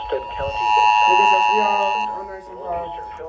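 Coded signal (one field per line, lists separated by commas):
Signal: Emergency Alert System (SAME) tones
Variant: 853 and 960 Hz attention tone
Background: speech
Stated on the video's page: Severe thunderstorm warning EAS alerts received at school.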